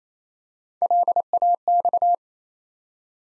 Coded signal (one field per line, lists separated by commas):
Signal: Morse code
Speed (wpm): 27 wpm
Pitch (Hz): 700 Hz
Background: none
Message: LAX